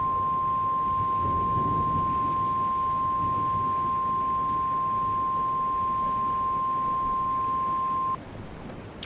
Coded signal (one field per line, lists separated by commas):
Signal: Emergency Alert System (SAME) tones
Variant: 1050 Hz attention tone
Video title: EAS MOCK- Portland Disaster